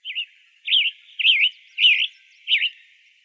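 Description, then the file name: Western tanager giving five husky, wavering chirps, each slurred up and down, spaced about half a second apart, with steady faint hiss. Arizona; recorded 23 May 2008. "WETA 5 deviche"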